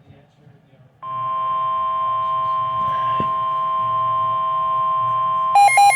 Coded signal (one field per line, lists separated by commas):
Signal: Emergency Alert System (SAME) tones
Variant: 1050 Hz attention tone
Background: speech